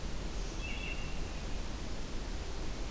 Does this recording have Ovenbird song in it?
no